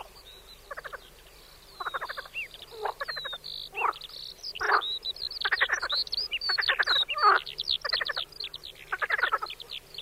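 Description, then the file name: Marsh frog croaking: rapid pulsed rattling bursts in quick succession, with thin high whistled notes above. From a sound installation. "martin zet zaby instalace skokan skrehotavy"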